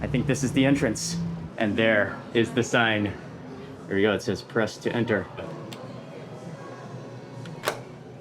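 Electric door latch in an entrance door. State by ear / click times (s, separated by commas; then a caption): released / 7.7 s. The electric door latch in a basement restaurant's entrance door releases after someone presses the "press to enter" entry button. Someone talks over a low background hum, then the latch gives a sharp click at 7.7 seconds and the door is released.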